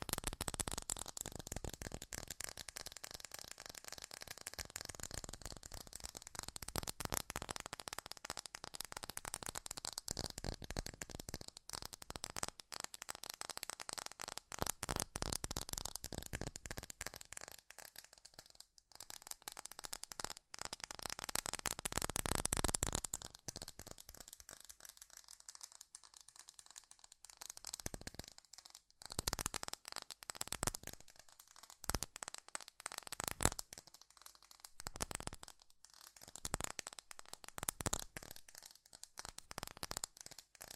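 Fast tapping runs throughout, with dense, crisp clicks that carry a lot of bright, hissy top end. For the first twenty-odd seconds the taps blur into a near-continuous rattle; after about 25 seconds they thin into quicker bursts separated by brief gaps.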